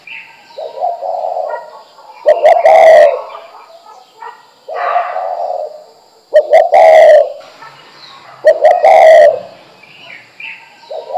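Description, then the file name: Spotted dove song of soft low coos broken by emphatic rougher notes, the phrase pattern recurring about every two to four seconds. "珠頸斑鳩"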